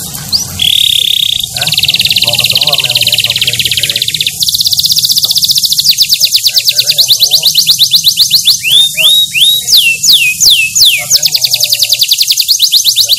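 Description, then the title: Canary song: long buzzy rolls and rapid pulsed trills, followed by runs of quick falling whistled notes. Kenari described as gacor, singing actively and continuously. "SUARA BURUNG : Kenari Gacor"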